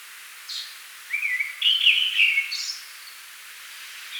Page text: Tickells Thrush Song. Quick Sounds